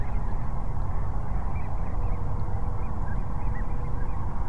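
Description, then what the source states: Sandhill cranes in a faint chorus of calls over constant low rumbling noise. Cochise Lakes, 30 January 2019.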